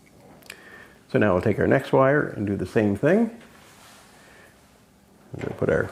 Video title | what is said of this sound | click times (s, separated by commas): Samsung Dryer Repair - How to Replace the Terminal Block (Samsung Part #DC96-01188A) | and you'll actually hear the click of those little fingers that we had to bend out of place to get it out, snap into position. | 0.5 s